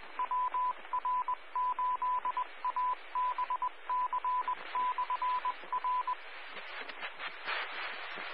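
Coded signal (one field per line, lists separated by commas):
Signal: Morse code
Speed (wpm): 20 wpm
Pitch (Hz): 1000 Hz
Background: radio noise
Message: WR8ABC/R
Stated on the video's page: Morse heard during a Skywarn weather net.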